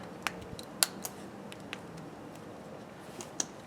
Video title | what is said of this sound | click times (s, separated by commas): 20210116 Factor 55 Flat Link Install | hear them snapping in that's pretty good now i | 0.3 s, 0.8 s, 3.4 s